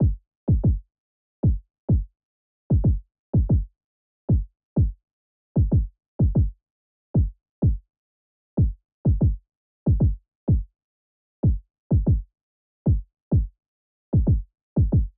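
An adult heartbeat at about 126 beats per minute: short, deep thumps in quick succession with clean silence between beats, grouped in a slightly uneven pattern.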